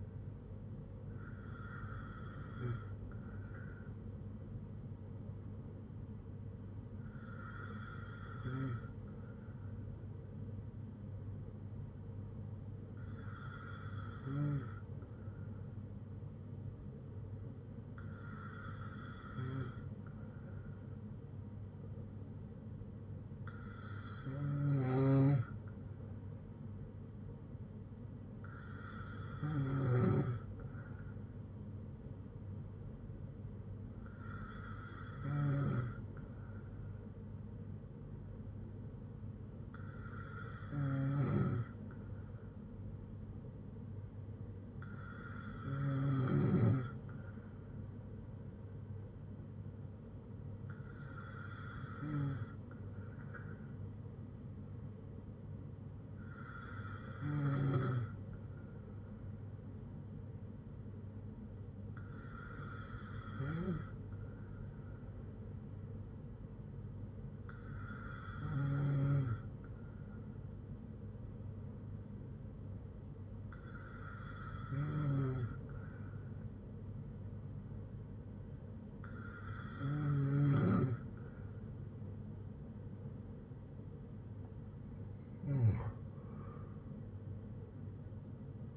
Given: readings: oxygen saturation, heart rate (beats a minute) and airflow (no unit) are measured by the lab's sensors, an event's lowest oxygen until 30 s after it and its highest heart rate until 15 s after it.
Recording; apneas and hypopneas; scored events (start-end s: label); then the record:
breathing in sleep by a smartphone at the bedside; none
none scored
From the record:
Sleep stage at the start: N2 (light sleep); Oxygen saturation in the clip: 94 to 96%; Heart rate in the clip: 57 to 73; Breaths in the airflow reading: 16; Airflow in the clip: -5.3 to 5.0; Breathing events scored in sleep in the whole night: 182 in 7.4 hours asleep